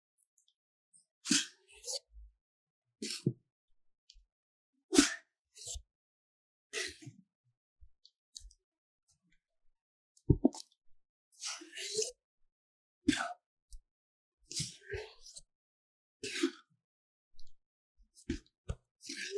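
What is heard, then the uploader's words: Paper cup sounds: short crinkles, taps and soft crunches arrive in separate bursts about once a second. Some are sharp and bright, others duller thuds, each followed by brief silence. Nothing else fills the background. 紙杯觸發 | Paper Cup triggers | NoTalking.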